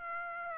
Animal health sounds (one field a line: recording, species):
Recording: mosquito wingbeat signal from an infrared sensor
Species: Aedes aegypti